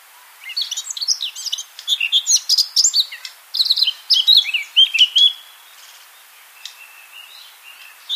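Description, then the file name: Eurasian blackcap delivering a lively, scratchy warble of rapid varied notes for about five seconds, followed by softer scattered chirps. "Sylvia atricapilla"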